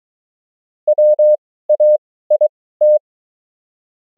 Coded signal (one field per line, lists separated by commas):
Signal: Morse code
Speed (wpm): 23 wpm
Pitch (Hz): 600 Hz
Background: none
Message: WAIT